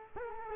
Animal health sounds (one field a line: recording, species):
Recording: mosquito wingbeat signal from an infrared sensor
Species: Culex quinquefasciatus